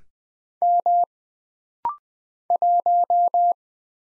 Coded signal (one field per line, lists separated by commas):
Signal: Morse code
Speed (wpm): 20 wpm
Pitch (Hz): 700 Hz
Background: none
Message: M 1